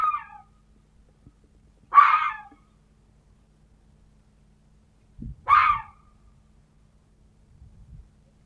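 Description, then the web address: Fox giving short hoarse yapping barks, one every few seconds, with faint low thumps between them. "glos lisy dla dzieci"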